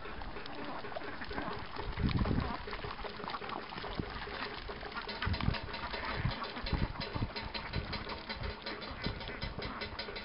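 Ducks chatter densely in a rice paddy amid running water and steady clicking rattles, with low wind rumbles swelling near two and five seconds.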